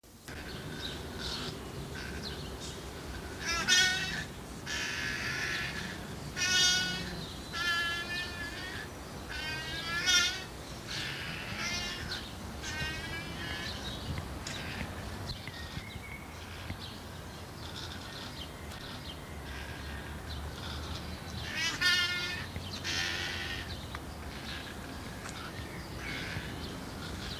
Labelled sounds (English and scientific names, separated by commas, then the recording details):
Coypu (Myocastor coypus)
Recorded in captivity
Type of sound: threatening call
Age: adult
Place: Zoo Berlin, Berlin, DE
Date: 2003-06-27 18:40
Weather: fair, 25°C
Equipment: Fair Mate ST-1328 (Asahi Electronics, Japan), Sennheiser ME 80, Kopie Uher 4000 Report Monitor
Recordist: Tembrock, Günter
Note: Wohl Drohen (keine Sicht)